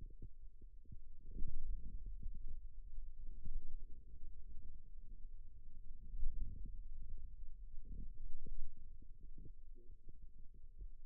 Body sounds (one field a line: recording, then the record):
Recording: forearm muscle sounds (acoustic myography)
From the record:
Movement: radial deviation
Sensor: system 2, bracelet of six BSWA MPA416 microphones around the upper forearm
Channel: 5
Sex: male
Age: 22 years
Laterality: right